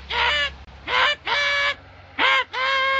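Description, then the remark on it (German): A voice imitates a car horn as Pumuckl in the audio play Meister Eder und sein Pumuckl, honking while driving his own car home: five loud, nasal honking blasts, each about half a second long, in an uneven rhythm with brief gaps between them. “Ja, ja, hup nur, ich werde auch hupen.”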